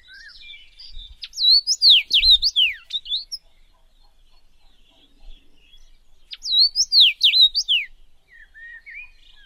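Common rosefinch giving two bright whistled phrases of slurred rising and falling notes, separated by a few seconds of near silence.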